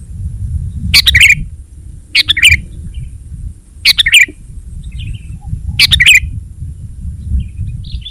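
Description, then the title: Sooty-headed bulbul calls: brief, bright, slurred phrases given about every two seconds, four in all, with faint chatter between them. "kutilang"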